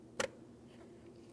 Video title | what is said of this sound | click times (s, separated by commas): How to Replace Cabin Air Filter 2003-2008 Toyota Matrix | Align your locking tabs. Press it in until you hear a click from both sides. | 0.2 s